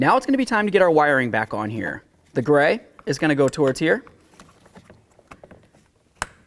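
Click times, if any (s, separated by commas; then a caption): 6.2 s. Someone talks while a gray plastic wiring connector is pushed onto the new power window switch of a 1999-2007 Ford F-250. Faint handling clicks and rustles follow. A sharp click at 6.2 s marks the connector seating.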